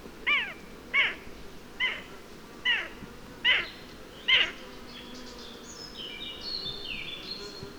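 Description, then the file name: Eurasian jay giving six short, descending mewing calls about once a second, followed by thin high whistled sounds. "Garrulus glandarius"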